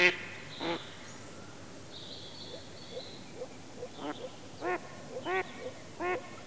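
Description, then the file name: Mallard giving irregular nasal quacks, two loud ones at the start, then fainter ones, then louder single quacks about every 0.7 seconds toward the end, over a soft background hiss. "Digiffects Sound Effects Library - Mallard Duck Quacking"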